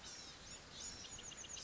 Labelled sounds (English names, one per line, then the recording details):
Chestnut-backed Chickadee
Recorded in Sonoma County, California